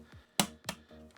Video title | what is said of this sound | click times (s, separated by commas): My EPIC Intel Arc B580 PC Build! - Full Build & Benchmarks! (w/ Intel 245K & Arc B580) [4K] | and get that clicked into place. | 0.4 s